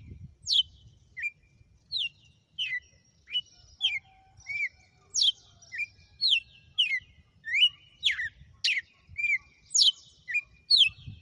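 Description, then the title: Red-cowled cardinal singing a brisk run of clear slurred whistles, many dropping steeply in pitch, delivered steadily about twice a second over faint low rumble. Female bird; song described as one açoite after another, a named song style, sung that day. "Canto Galo Campina Fêmea. Galo de campina,hj foi um açoite atrás do outro"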